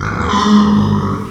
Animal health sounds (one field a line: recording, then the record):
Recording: squeal of a Yucatan mini pig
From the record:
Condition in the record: after surgery on the right vocal fold (resection and tissue-engineered implant)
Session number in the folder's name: 15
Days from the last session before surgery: 175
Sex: female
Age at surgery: 19 weeks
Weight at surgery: 25 kg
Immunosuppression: prednisolone